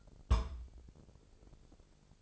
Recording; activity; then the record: daily activity, microphone in the room; place on stove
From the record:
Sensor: 5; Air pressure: 999.5 hPa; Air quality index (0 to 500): 219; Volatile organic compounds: 20 ppm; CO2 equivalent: 2682 ppm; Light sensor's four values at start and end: 30/68/28/27 and 30/68/28/27